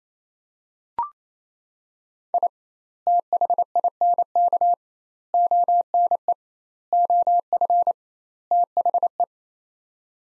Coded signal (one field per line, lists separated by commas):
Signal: Morse code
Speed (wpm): 27 wpm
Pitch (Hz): 700 Hz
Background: none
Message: I THINK ONE OF THE